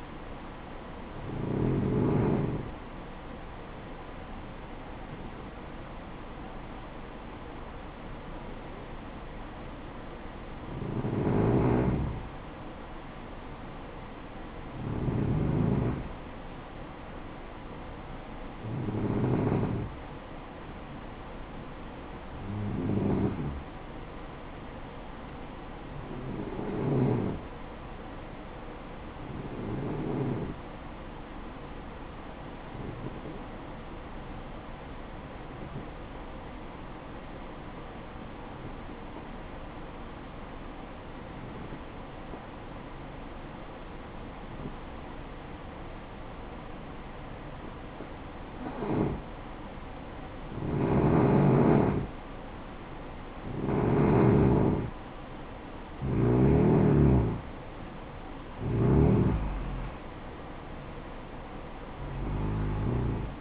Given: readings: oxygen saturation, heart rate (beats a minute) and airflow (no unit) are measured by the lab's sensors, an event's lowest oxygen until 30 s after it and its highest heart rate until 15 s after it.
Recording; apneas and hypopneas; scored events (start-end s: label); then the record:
breathing in sleep by a voice recorder at the bedside; 1
23.00-53.00 s: new sleep stage, N2 (light sleep)
28.00-53.80 s: hypopnea (N2, oxygen 94% highest, then 90% lowest, heart rate 63 at the start, 64 highest)
53.00-63.41 s: new sleep stage, N1 (lightest sleep)
From the record:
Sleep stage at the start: N1 (lightest sleep); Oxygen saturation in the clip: 90 to 95%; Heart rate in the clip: 57 to 64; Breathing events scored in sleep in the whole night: 573 in 9.8 hours asleep